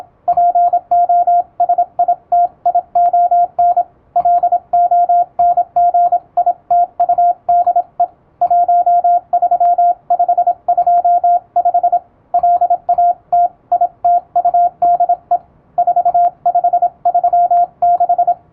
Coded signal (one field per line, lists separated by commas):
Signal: Morse code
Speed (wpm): 26 wpm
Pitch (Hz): 700 Hz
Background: radio noise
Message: POSITION LONGITUDE 13525 LATITUDE 4536